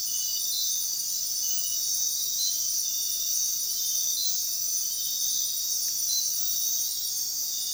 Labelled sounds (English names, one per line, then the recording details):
none
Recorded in dense forest near Puerto Asís, Putumayo, Colombia, on 20 February 2024 at 04:00
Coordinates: 0.466, -76.327
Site G6413